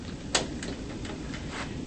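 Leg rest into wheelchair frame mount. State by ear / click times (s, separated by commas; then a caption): seated / 0.4 s. A second swing-away leg rest is fitted onto the knobs of a wheelchair frame and pushed forward until its metal latch engages, giving one sharp click at 0.4 s. Only a few faint ticks and low background noise follow. The leg rest is seated and locked into place.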